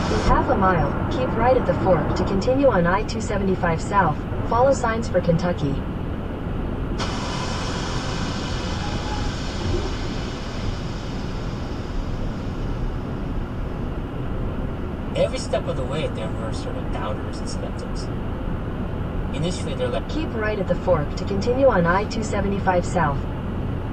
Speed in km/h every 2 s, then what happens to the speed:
116, 116, 116, 114, 114, 111, 111, 111, 111, 111, 116, 118.
0-19 steady at about 111. 19-24 speeds up to 118.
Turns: none.